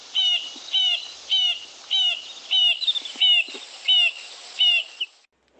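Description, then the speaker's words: Acacia Pied Barbet singing: a series of shrieking notes repeated about every two-thirds of a second. Song has gaps between the singing like tinkerbirds but a more shrieking sound; near-endemic to Southern Africa, extending marginally into Angola and Zambia. "I think I'll start with the sound of this acacia pied barbet. As you can hear it, it's a lot different."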